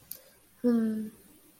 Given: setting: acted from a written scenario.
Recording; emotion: vocal sound without words; neutral